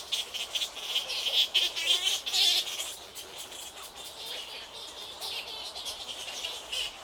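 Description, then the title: Bats squealing in a crowd, a loud high-pitched chattering burst early on, then a softer continuous squeaky hum. Many bats, Île Napoléon, Lake Kivu, Rwanda. "Ile Napoléon, lac Kivu, Rwanda - bats bats bats"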